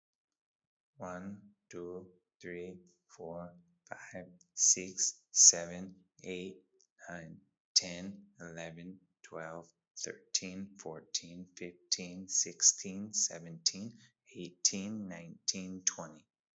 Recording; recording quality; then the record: counting at a normal pace; excellent, no background noise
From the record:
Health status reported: healthy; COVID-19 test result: negative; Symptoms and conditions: cough, sore throat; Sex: male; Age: 27 years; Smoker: yes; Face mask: not worn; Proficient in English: yes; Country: India